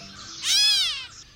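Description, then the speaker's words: Gray Catbird mew call, a single nasal cat-like note rising then falling, lasting under a second, rich in harmonics. Cat-like mew call, sounding like a cat meowing from the bushes; the species is named after this call. "Sometimes the cat meowing from the bushes isn't a cat at all, but a cat bird, the gray catbird, to be exact."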